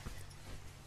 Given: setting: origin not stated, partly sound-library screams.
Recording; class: one-second piece from a danger detection set; normal situation